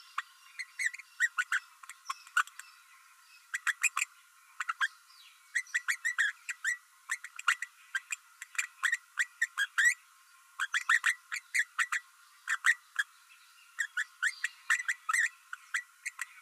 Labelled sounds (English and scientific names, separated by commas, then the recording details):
Green-rumped Parrotlet (Forpus passerinus) babbling
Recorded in a nest box in Venezuela
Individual 18B12A3